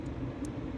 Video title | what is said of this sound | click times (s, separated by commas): 04 955 Cayenne Coils Pack and Evap Purge valve Code P0455 and P0301-P0308 | Just a tiniest little click there, and that's it. | 0.5 s